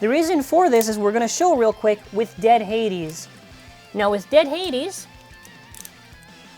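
A plastic spinning-top driver is being handled for twisting onto a spinning-top layer, whose teeth it clicks over, while someone talks over background music. Nothing has seated or clicked yet.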